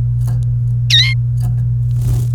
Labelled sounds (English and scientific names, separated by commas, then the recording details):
Domestic Canary (Serinus canaria) song
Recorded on 28 April 2018 at 16:36
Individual llb3